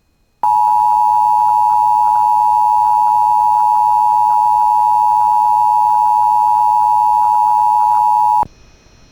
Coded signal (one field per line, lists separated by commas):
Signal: Emergency Alert System (SAME) tones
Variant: 853 and 960 Hz attention tone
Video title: [EAS] [FOUND] Red Lake Nation Minnesota Child Abduction Emergency (AMBER Alert)